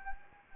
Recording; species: mosquito wingbeat signal from an infrared sensor; Anopheles gambiae